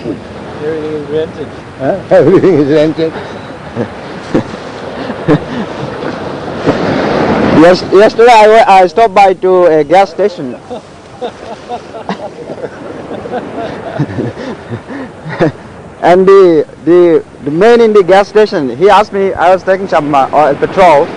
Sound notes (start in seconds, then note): 4.2 laughs; 10.4 devotees laugh